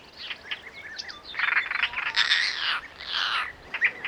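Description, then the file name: European roller producing loud, grating rasps in uneven bursts, some drawn out and scratchy, with a few short high notes mixed in. "szalakota hangja"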